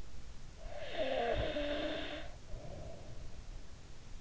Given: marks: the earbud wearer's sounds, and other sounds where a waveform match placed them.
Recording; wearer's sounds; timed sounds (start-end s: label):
sounds in sleep by an in-ear microphone; snoring breath
0.56-3.50 s: snoring breath